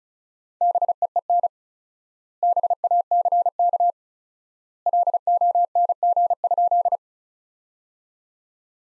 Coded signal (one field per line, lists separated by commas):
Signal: Morse code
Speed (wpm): 34 wpm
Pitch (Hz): 700 Hz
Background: none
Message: BEEN BACK LONG?